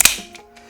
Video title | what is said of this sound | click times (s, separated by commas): Mora Arms MP5 Mag 30 | And it just goes right in, and it does lock into place. | 0.0 s